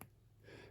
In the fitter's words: and just clicks into place.